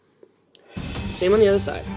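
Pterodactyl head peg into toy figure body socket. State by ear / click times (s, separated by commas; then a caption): seated / 0.6 s. A pterodactyl head on a custom toy figure is turned, pegged into its plastic socket on the first side, and folded back and down. A faint tick comes at 0.2 s, then the sharp click of the peg seating at 0.6 s. Someone talks over the rest of the clip, which also has music.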